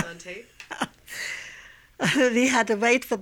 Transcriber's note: she laughs